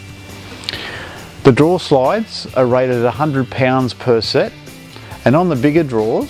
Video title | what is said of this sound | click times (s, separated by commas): MAXIM PRO SERIES 60 Toolboxes Video from Just Pro Tools | And you'll hear when you push it back in it clicks into place | 0.7 s